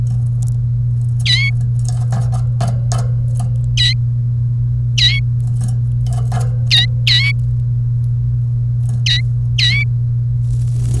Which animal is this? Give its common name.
Domestic Canary